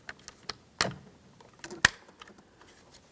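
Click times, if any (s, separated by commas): 0.8 s, 1.9 s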